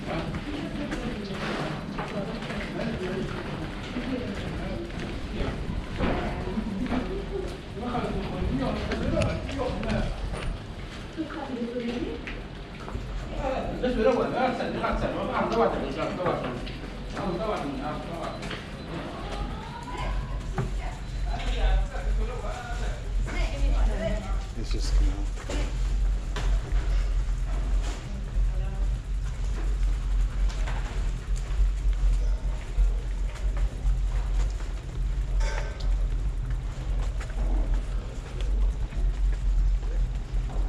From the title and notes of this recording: A short trip through a psychedelic tunnel in Utrecht, the Netherlands. The walls of this pedestrian tunnel have been covered with graffiti and coloured lighting added to heighten the psychedelic effect as you walk through.